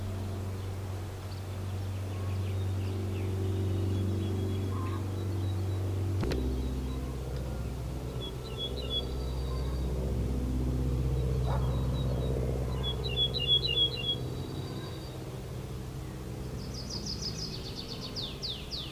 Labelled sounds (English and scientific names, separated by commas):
Ortolan Bunting (Emberiza hortulana) song